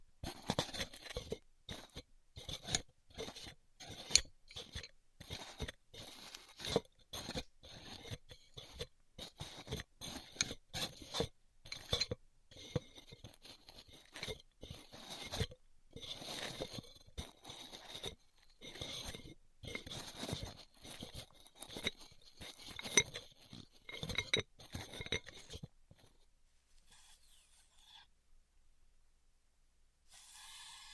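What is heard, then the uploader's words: Styrofoam being heat cut gives dense, rapid crackling and squeaky scraping bursts for about 25 seconds, then thins to sparse faint clicks. ASMR Styrofoam Heat Cutting (No Talking).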